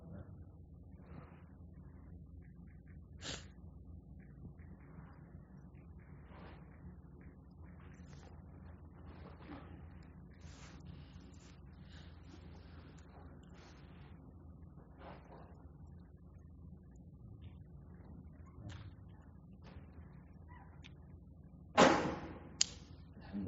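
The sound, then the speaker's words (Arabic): A single abrupt sneeze bursts out near the end, sharp and fairly loud, after a long stretch of low, steady background rumble with faint scattered clicks. “رحمك الله.”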